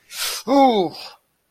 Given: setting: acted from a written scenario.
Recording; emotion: vocal sound without words; pain